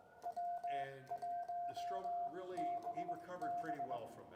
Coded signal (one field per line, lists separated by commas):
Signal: Morse code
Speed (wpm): 22 wpm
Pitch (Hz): 700 Hz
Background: speech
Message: W1BB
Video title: Why Ham Radio Operators Are Excited About W1BB